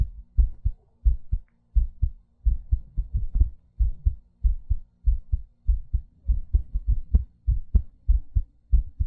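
Close, low-pitched adult heartbeat in an ASMR style, with paired beats at roughly 98 per minute and breathing in the background.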